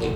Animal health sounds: contact call of a hoofed animal; pig; closed-mouth grunt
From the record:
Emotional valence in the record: positive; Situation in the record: food and toys in familiar pen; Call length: 0.17 s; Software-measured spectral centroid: 2050 Hz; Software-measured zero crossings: 1180 a second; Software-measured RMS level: -25 dBFS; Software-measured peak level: -13 dBFS

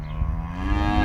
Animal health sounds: contact call of a hoofed animal; cattle; low-frequency (closed-mouth) or high-frequency (open-mouth) call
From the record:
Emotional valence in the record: negative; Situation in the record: full separation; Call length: 1.06 s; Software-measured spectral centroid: 1300 Hz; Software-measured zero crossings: 730 a second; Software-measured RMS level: -23 dBFS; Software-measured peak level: -8 dBFS

